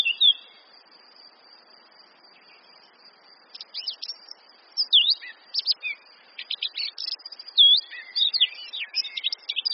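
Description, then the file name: Eurasian blackcap song: a brief burst at the start, a quiet gap of about three seconds, then bursts of scratchy notes mixed with loud fluty whistles and sharp slurred notes over the last six seconds. "Sylvia atricapilla"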